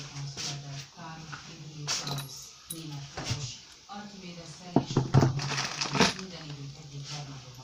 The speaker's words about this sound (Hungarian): Most keresem ezt a kurva kulcsot, ezt a sok kurva szar üveg.